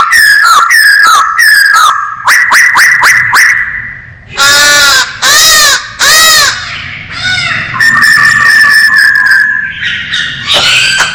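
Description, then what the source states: Masked laughingthrush song: quick series of sharp whistled notes, then three loud harsh squawks, followed by a steady whistled phrase and a raspy finish. Singing vigorously (gacor).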